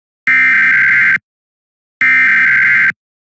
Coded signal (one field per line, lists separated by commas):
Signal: Emergency Alert System (SAME) tones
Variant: header bursts